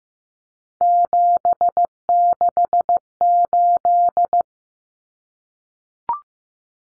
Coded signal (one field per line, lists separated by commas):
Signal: Morse code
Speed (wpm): 15 wpm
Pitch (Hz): 700 Hz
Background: none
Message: 768